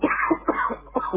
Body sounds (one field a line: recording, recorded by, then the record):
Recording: voluntary cough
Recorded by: telephone call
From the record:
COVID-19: positive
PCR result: checked with the laboratory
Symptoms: no